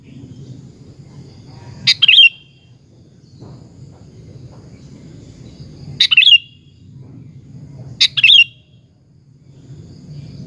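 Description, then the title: Sooty-headed bulbul giving brief, loud chirpy phrases, three in ten seconds at uneven gaps, with a low background hum throughout. "Kutilang"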